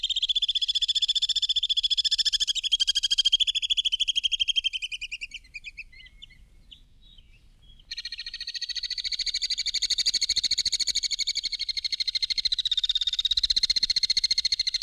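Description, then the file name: Alpine swift trilling calls, long fast chattering trills high in pitch, a first burst of about five seconds, a short pause, then another sustained trill running to the end. "Animal Alpine Swift"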